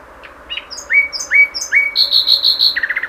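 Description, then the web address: Common nightingale song phrase: three rising whistled notes, then a rapid buzzy trill of repeated high notes, ending in lower chattering notes. "SETE Luscinia megarhynchos"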